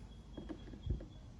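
During a CV boot replacement on a Subaru WRX, an axle shaft is pushed further into its CV joint so the steel circlip can drop into its groove. Only soft, low handling thumps and rustling are heard, with the loudest bump near 0.9 s. Nothing has seated or clicked yet.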